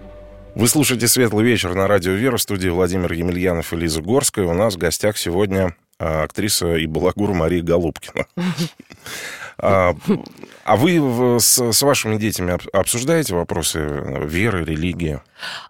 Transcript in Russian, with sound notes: Вы слушаете «Светлый вечер» на радио «Вера», в студии Владимир Емельянов и Лиза Горская, у нас в гостях сегодня актриса и балагур Мария Голубкина. (смеются) А вы с вашими детьми обсуждаете вопросы веры, религии?